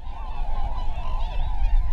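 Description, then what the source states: Tundra swans calling in soft, overlapping hooting notes, a wavering chorus over a heavy low rumble. Several tundra swans; recorded 26 January 2016.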